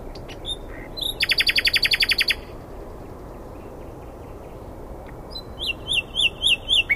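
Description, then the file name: Common nightingale singing a rapid, even series of loud clicking notes, a quiet gap, then a sequence of sharp repeated whistled notes near the end. "Luscinia megarhynchos"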